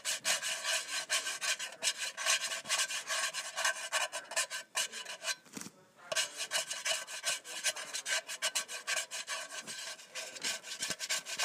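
A can of soup is scratched in a continuous, dense rasping that fills the upper range with bright grit. The strokes come quickly and unevenly, with brief dips; one clear pause falls near six seconds before the scraping resumes and carries on to the end.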